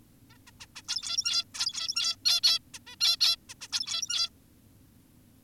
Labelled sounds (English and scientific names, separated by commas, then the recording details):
Zebra Finch (Taeniopygia guttata)
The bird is an adult
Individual g17y2U